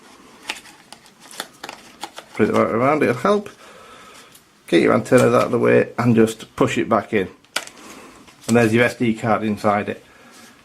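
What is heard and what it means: A removable plastic camera module on a VISUO XS812 GPS drone, with its SD card inserted and wires tucked away, is pushed back into the front of the drone body while someone talks. Soft clicks and handling sounds come first, then a sharp, loud snap at 7.6 s as the module seats.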